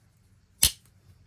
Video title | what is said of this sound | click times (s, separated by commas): Pawn Shop Knife Haul & Unboxing! | Hear that snap? | 0.6 s